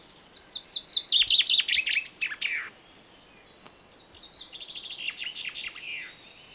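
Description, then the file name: Common chaffinch singing a bright series of notes that drops in pitch and ends in a flourish, followed by a softer, similar descending phrase. "Fringilla coelebs"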